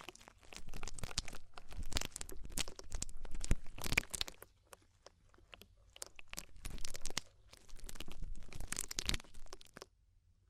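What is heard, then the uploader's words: Deep ear cleaning gives dense bursts of crunching, crinkling scrapes, with short pauses near 4.5 and 7.5 seconds and a steady low hum. DEEP Ear Penetrating Cleaning.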